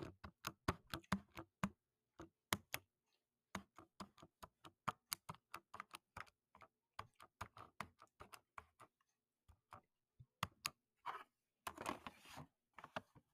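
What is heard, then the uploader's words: Crisp crunching and clicking from food or candy, in quick irregular bursts, with a denser crackling rustle near the end. Food, Gum, Water, Candy, and Pop Rocks.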